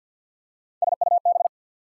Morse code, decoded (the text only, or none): SUB